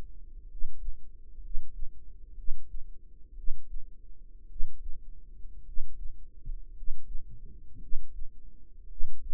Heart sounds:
heart sounds by microphone in the right ear; 57 bpm
0.45 s: heartbeat
1.39 s: heartbeat
2.33 s: heartbeat
3.33 s: heartbeat
4.46 s: heartbeat
5.62 s: heartbeat
6.71 s: heartbeat
7.78 s: heartbeat
8.86 s: heartbeat
From the record:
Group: healthy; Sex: male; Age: 25 years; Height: 170 cm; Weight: 70.4 kg

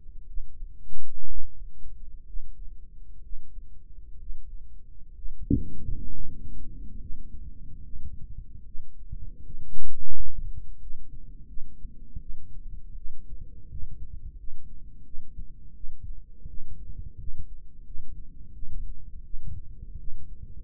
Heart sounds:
heart sounds by microphone in the right ear; 76 bpm
0.26 s: heartbeat
1.26 s: heartbeat
2.25 s: heartbeat
3.21 s: heartbeat
4.17 s: heartbeat
5.13 s: heartbeat
6.10 s: heartbeat
6.98 s: heartbeat
7.83 s: heartbeat
8.64 s: heartbeat
9.43 s: heartbeat
10.12 s: heartbeat
10.78 s: heartbeat
11.47 s: heartbeat
12.19 s: heartbeat
12.95 s: heartbeat
13.68 s: heartbeat
14.36 s: heartbeat
15.04 s: heartbeat
15.73 s: heartbeat
16.47 s: heartbeat
17.17 s: heartbeat
17.84 s: heartbeat
18.53 s: heartbeat
19.23 s: heartbeat
19.97 s: heartbeat
From the record:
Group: healthy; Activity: breath hold 0-6 s, rest 6-21 s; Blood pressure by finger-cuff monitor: 99/59 mmHg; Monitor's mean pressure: 70 mmHg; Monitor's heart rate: 72 bpm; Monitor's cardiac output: 5.3 L/min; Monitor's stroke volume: 85 mL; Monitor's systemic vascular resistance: 920 dyn s/cm5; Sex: female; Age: 22 years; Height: 163 cm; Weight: 67.1 kg

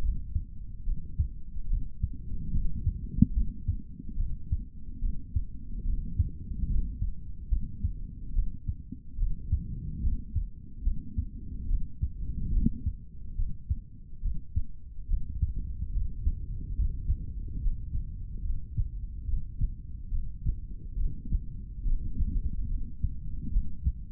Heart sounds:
heart sounds by stethoscope; 72 bpm
0.01 s: heartbeat
0.84 s: heartbeat
1.68 s: heartbeat
2.51 s: heartbeat
3.34 s: heartbeat
4.17 s: heartbeat
5.01 s: heartbeat
5.84 s: heartbeat
6.67 s: heartbeat
7.49 s: heartbeat
8.33 s: heartbeat
9.17 s: heartbeat
10.01 s: heartbeat
10.83 s: heartbeat
11.68 s: heartbeat
12.51 s: heartbeat
13.36 s: heartbeat
14.22 s: heartbeat
15.08 s: heartbeat
15.93 s: heartbeat
16.76 s: heartbeat
17.59 s: heartbeat
18.42 s: heartbeat
19.25 s: heartbeat
20.10 s: heartbeat
20.96 s: heartbeat
21.84 s: heartbeat
22.68 s: heartbeat
23.51 s: heartbeat
From the record:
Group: healthy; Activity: rest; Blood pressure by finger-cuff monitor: 115/91 mmHg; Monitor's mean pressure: 101 mmHg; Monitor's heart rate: 71 bpm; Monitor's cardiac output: 3.2 L/min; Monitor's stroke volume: 45 mL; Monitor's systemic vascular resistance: 2310 dyn s/cm5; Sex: male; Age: 55 years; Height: 167 cm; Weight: 57.2 kg

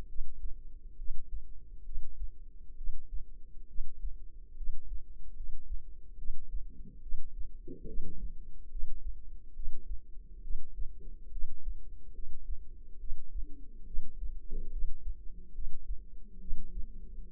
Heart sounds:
heart sounds by microphone in the left ear; 70 bpm
0.07 s: heartbeat
0.96 s: heartbeat
1.83 s: heartbeat
2.75 s: heartbeat
3.66 s: heartbeat
4.55 s: heartbeat
5.34 s: heartbeat
6.16 s: heartbeat
7.00 s: heartbeat
7.85 s: heartbeat
8.69 s: heartbeat
9.53 s: heartbeat
10.41 s: heartbeat
11.30 s: heartbeat
12.13 s: heartbeat
12.98 s: heartbeat
13.85 s: heartbeat
14.70 s: heartbeat
15.52 s: heartbeat
16.39 s: heartbeat
17.28 s: heartbeat
From the record:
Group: healthy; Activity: rest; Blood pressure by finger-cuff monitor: 101/76 mmHg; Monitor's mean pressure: 85 mmHg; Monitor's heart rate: 69 bpm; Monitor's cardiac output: 5.7 L/min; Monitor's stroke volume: 81 mL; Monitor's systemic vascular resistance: 1100 dyn s/cm5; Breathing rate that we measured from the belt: 18 breaths a minute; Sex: female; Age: 22 years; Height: 160 cm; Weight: 45 kg

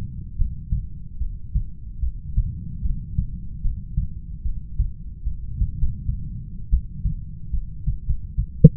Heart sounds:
heart sounds by stethoscope; 78 bpm
0.38 s: heartbeat
1.19 s: heartbeat
2.01 s: heartbeat
2.83 s: heartbeat
3.63 s: heartbeat
4.44 s: heartbeat
5.25 s: heartbeat
5.77 s: heartbeat
6.71 s: heartbeat
7.52 s: heartbeat
8.05 s: heartbeat
From the record:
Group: heart failure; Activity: rest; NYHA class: 1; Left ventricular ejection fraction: 39%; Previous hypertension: present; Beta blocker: carvedilol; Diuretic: furosemide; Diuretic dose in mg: 20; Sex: male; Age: 60 years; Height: 178 cm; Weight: 62 kg

